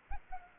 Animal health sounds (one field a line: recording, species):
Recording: mosquito wingbeat signal from an infrared sensor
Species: Anopheles arabiensis